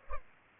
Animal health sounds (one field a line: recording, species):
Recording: mosquito wingbeat signal from an infrared sensor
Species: Culex pipiens